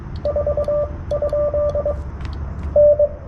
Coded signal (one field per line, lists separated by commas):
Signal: Morse code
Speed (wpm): 22 wpm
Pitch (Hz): 590 Hz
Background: radio noise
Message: 4? N